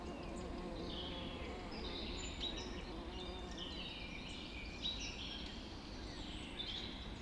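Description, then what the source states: Birds in a busy chorus, overlapping high whistles, chirps and trills from several birds, with low background rumble. Birds recorded just after dawn in the Forest of Dean.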